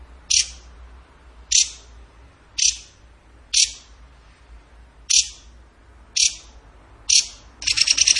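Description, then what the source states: Bird calling with crisp, high chip notes repeated about once a second, breaking into a quick trill at the very end. Bird song in the gacor tembakan style, for masteran (training).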